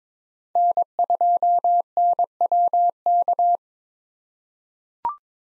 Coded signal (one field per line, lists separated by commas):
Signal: Morse code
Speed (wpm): 21 wpm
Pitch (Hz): 700 Hz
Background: none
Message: N2NWK